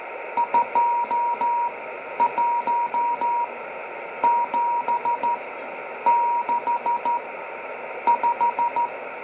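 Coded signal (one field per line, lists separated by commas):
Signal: Morse code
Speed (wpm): 15 wpm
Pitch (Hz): 950 Hz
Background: radio noise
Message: 21 7 6 5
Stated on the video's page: CW practice session.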